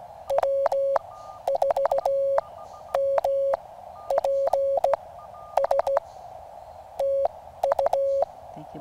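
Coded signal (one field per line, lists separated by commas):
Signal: Morse code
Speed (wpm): 16 wpm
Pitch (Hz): 550 Hz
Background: none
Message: W4MPS TU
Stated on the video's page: CW QSO with a station activating a POTA park in Alabama.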